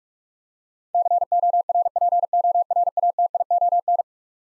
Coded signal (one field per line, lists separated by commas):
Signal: Morse code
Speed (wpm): 46 wpm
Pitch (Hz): 700 Hz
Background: none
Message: CORPORATION